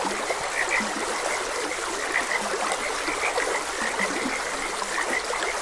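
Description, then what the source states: Frog croaks come as brief low grunts at irregular intervals, mixed with higher chirps, against constant babbling stream noise. Frogs croaking beside a gentle stream.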